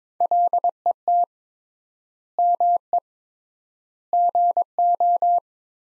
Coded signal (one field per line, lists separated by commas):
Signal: Morse code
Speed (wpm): 22 wpm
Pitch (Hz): 700 Hz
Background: none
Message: LET ME GO